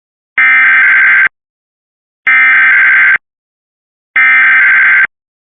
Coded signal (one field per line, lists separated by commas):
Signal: Emergency Alert System (SAME) tones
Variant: header bursts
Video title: (Larger text update) Required Weekly Test EAS (Cox) 3/25/25